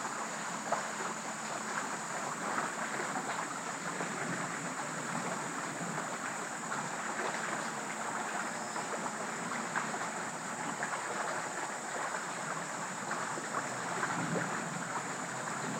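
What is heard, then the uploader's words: A bubbling stream fills the woods with a steady, dense rush, joined by a constant high insect whine and faint scattered rustles. West Michigan Woods and Stream. An early evening walk through the lively woods and along the bubbling stream as animals move all around.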